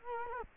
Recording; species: mosquito wingbeat signal from an infrared sensor; Culex quinquefasciatus